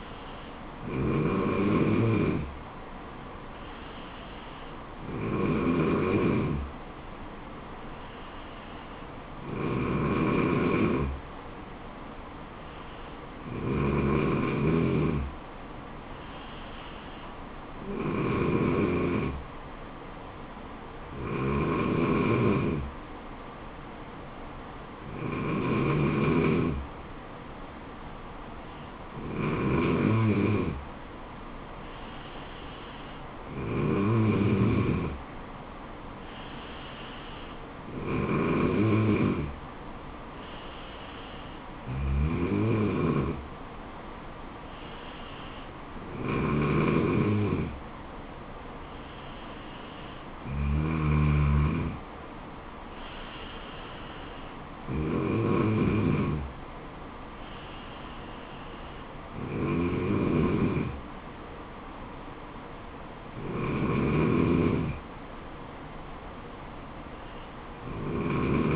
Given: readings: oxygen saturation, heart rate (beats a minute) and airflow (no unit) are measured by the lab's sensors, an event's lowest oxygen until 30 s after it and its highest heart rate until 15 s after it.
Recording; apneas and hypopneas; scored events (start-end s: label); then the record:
breathing in sleep by a voice recorder at the bedside; none
none scored
From the record:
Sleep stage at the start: N3 (deep sleep); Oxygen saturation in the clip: 94 to 95%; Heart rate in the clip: 68 to 76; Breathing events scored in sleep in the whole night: 426 in 7.4 hours asleep